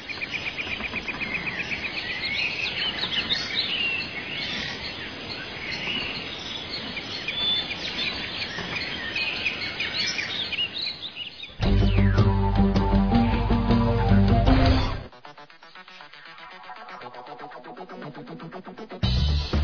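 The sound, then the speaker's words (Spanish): A dense chorus of tropical birds on an island with diverse coastal fauna and flora chirps and trills continuously alongside buzzing insects, briefly overtaken midway by a louder steady tonal sound before fainter calls return. “atractivos de la isla es su ambiente ecológico, caracterizado por su fauna y flora costeña, que es muy diversa, encontrando animales como mamíferos, reptiles, hermosas aves tropicales y especies de árboles como el mangle negro, guachapeli y el samán.”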